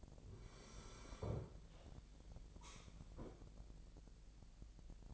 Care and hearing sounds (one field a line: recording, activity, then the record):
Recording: daily activity, microphone in the room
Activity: sit down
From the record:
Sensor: 5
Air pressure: 1001.8 hPa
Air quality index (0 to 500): 245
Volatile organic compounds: 29 ppm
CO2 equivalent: 2939 ppm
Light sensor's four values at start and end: 46/109/44/46 and 46/109/44/46